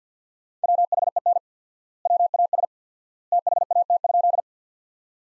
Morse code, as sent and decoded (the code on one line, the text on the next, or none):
.-- .... . -. / .-- .- ... / - .... .- - ..--..
WHEN WAS THAT?